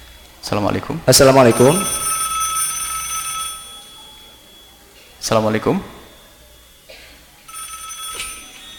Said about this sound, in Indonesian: Jadi langsung saja kalau ada telepon masuk kami. Ya, nampaknya sudah ada telepon yang masuk.